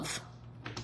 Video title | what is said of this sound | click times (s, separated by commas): Introducing the 15:90 Challenge! New swim spa workout routines | So you want to make sure that actually clips. Hear that clip. | 0.7 s